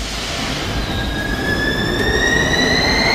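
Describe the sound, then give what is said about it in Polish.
A Warsaw metro train on line M1 rumbles along the rails with a steady low roar, while high, thin wheel squeals rise gradually in pitch over the constant loud noise. No one speaks. “Metro jeździ już na wszystkich odcinkach linii M1.”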